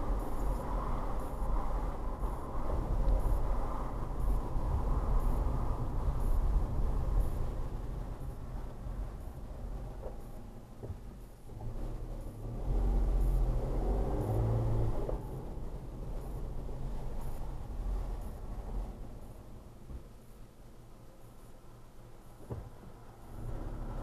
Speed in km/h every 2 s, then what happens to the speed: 24, 24, 21, 15, 6, 3, 13, 15, 11, 3, 0, 0.
0-9 slows to 3. 9-15 speeds up to 15. 15-19 brakes to 0. 19-24 standing.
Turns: 11-15.